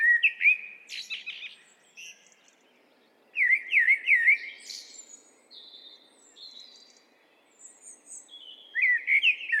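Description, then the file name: Common blackbird singing repeated mellow, wavering phrases with squeaky high twitters, spaced a few seconds apart, while fainter notes fill the gaps. "Turdus merula"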